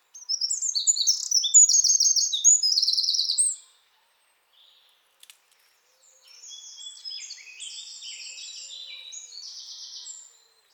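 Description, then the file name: Eurasian Wren song: a loud burst of rapid, high, shrill trills for about three seconds, a short pause, then a quieter, similar trilling phrase. "Troglodytes troglodytes"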